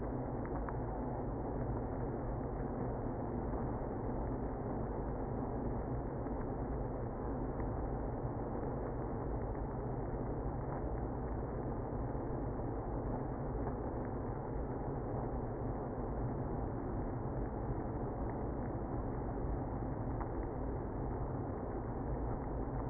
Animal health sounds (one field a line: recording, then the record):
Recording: honeybee colony, microphone inside the hive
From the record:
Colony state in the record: queenless (queen removed)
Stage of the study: after two queens were removed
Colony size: about 60,000 bees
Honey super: yes